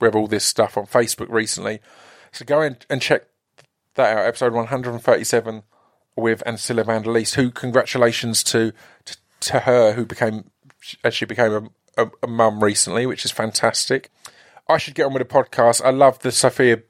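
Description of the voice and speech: Adult man who has stuttered since childhood speaks conversationally with sound and word repetitions ('t-, t-, to', 'a, a, a') and brief pauses, consistent with stuttering; certain words get stuck and he cannot get them out.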